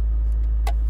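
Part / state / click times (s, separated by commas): detachable stereo faceplate into car audio head unit / partly seated / 0.7 s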